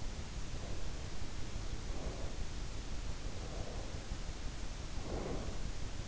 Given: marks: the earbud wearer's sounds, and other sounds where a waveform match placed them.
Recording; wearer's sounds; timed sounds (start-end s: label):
sounds in sleep by an in-ear microphone; breath
0.50-2.55 s: breath
3.33-5.80 s: breath